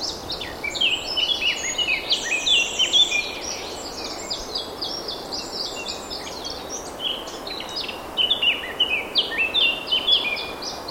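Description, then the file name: Eurasian blackcap delivering dense, continuous warbling with bright whistled notes and rapid chirps, briefly easing midway before picking up again, against faint steady noise. "Sylvia atricapilla"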